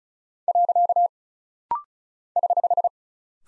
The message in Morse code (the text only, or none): . <HH>